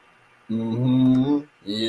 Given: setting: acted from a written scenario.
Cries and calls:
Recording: vocal sound without words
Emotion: pride

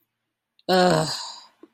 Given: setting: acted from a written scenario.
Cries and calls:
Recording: vocal sound without words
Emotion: contempt

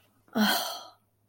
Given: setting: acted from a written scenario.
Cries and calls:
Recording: vocal sound without words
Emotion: relief

